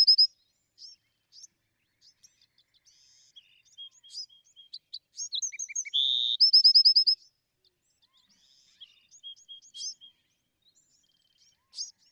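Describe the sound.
Bewick's wren song: scattered high chips and whistles build to a single buzzy trill with a rapid run of bright repeated notes, then scattered notes.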